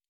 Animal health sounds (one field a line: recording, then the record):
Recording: hydrophone in a shrimp aquaculture tank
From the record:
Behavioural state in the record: normal